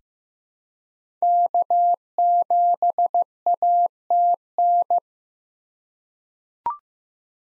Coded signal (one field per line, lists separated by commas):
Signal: Morse code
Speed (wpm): 15 wpm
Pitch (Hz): 700 Hz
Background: none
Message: K7ATN